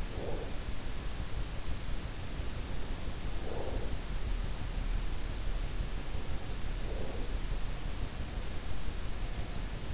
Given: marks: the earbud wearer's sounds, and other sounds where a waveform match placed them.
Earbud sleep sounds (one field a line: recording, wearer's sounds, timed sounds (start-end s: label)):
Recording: sounds in sleep by an in-ear microphone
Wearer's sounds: breath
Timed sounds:
0.00-0.85 s: breath
3.14-4.18 s: breath
6.44-7.60 s: breath